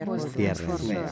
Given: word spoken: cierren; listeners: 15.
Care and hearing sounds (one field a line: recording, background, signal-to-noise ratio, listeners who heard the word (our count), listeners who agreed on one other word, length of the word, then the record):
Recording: one Spanish word in noise, from a listening test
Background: four-talker babble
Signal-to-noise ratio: 0.3 dB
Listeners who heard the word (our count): 0 of 15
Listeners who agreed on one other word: 6 of 15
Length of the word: 0.72 s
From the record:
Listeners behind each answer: 6, 3, 2, 2, 1, 1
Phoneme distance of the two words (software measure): 7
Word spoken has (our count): 2 syllables, 6 phonemes, stress on syllable 1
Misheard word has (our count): 2 syllables, 5 phonemes, stress on syllable 1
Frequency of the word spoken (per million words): 1.22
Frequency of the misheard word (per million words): 41.76